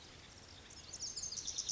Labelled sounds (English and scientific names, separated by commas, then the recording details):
Pacific Wren (Troglodytes pacificus)
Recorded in Sonoma County, California